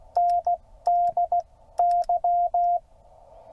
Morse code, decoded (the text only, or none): NDY